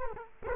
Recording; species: mosquito wingbeat signal from an infrared sensor; Culex quinquefasciatus